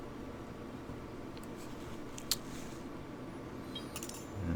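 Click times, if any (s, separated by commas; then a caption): 2.3 s. During reassembly of an H&K VP9 pistol, a metal pin is pressed into the frame over a spring, giving a sharp metallic click at 2.3 s with faint ticks around it. The pin stops short and is not fully home because it catches on the edge of the spring.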